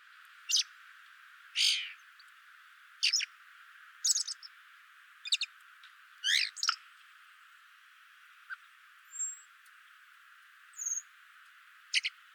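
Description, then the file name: Eurasian blackbird giving abrupt, metallic chink calls at irregular intervals, some doubled. "Turdus merula"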